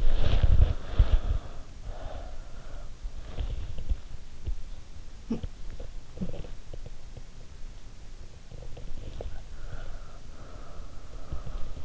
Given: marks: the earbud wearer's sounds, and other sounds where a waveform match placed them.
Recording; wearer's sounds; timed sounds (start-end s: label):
sounds in sleep by an in-ear microphone; body movement, breath, talking in sleep
0.00-1.36 s: body movement
0.73-3.09 s: breath
3.34-9.42 s: body movement
5.10-6.40 s: talking in sleep
9.58-11.85 s: breath